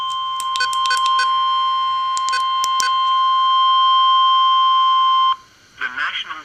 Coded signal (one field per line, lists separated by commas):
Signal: Emergency Alert System (SAME) tones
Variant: 1050 Hz attention tone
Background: speech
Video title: Areal Flood Warning (EAS #302)